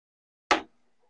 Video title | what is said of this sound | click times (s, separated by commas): Cette imprimante 3D vaut le détour, Creality ENDER 3 V3 | que je dise pas de bêtis se clipser | 0.5 s